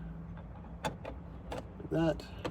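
A small plastic screw cover cap is handled against an interior trim panel of an 8th-generation Honda Civic Coupe (2006–11, FG2), with brief plastic taps around 0.4, 0.9, 1.5 and 2.5 seconds over a low steady background. Someone talks briefly near 2.0 seconds. Nothing has seated or clicked yet.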